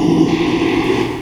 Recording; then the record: squeal of a Yucatan mini pig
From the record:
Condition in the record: after surgery on the right vocal fold (resection and tissue-engineered implant); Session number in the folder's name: 1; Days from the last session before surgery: 6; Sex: male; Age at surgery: 12 weeks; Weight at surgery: 13 kg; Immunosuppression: cyclosporine, prednisolone